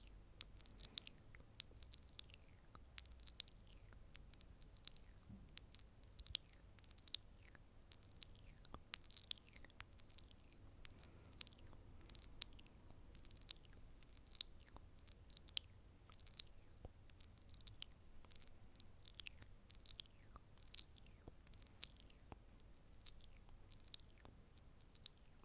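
Up-close mouth sounds: continuous wet chewing and crunchy clicks, dense and irregular, bright crackles scattered throughout over a faint low murmur.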